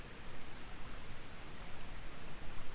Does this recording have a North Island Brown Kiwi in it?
no